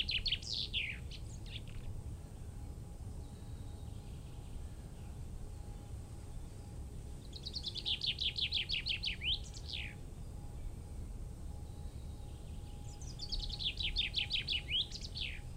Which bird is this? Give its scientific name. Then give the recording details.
Fringilla coelebs. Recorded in the wild. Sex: male. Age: adult. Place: Freiburg, Baden-Württemberg, DE. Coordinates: 48.0175, 7.82194. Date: 1960-03-25. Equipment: Maihak MMK 4, Sennheiser MD 82. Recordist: Thielcke, Gerhard